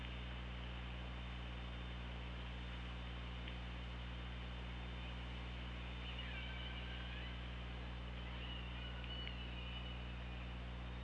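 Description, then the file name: Killer whale calls, a few tonal rising and falling squeals appearing late over a steady low underwater hum and hiss. Recorded by hydrophone on 24 August 2017 at 15:15. "Orca Lab"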